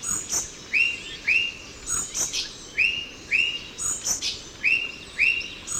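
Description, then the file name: Ochre-breasted tanager calls: clear arched, slurred notes in pairs, repeated several times, with sharp high chips between them. "Chlorothraupis stolzmanni - Ochre-breasted Tanager"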